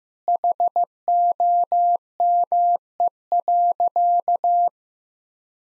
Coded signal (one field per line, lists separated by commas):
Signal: Morse code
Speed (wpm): 15 wpm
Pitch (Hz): 700 Hz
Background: none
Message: HOME.